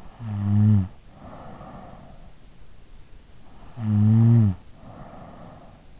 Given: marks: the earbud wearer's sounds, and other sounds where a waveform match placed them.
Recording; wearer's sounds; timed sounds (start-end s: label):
sounds in sleep by an in-ear microphone; snoring breath
0.00-2.45 s: snoring breath
3.48-5.99 s: snoring breath